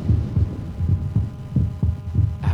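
Regular low lub-dub heartbeat of an adult heart, about 85 beats a minute, with paired thumps in a steady rhythm.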